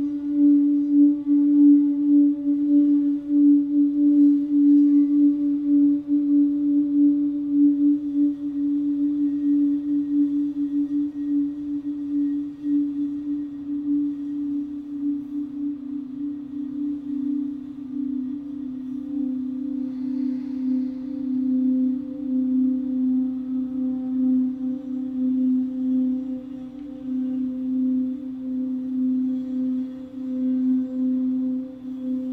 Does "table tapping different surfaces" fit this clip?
no